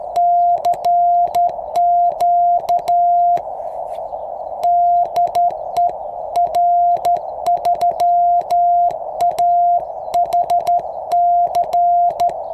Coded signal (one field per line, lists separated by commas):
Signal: Morse code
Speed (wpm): 13 wpm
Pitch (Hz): 700 Hz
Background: none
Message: CQ DE R3AHC